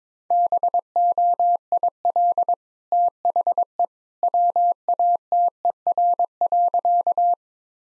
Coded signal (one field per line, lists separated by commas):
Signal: Morse code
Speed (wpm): 22 wpm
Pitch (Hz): 700 Hz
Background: none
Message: BOIL THE WATER.